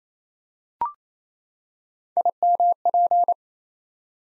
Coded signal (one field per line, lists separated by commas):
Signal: Morse code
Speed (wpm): 27 wpm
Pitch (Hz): 700 Hz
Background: none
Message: IMP